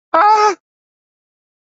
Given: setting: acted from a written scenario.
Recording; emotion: vocal sound without words; elation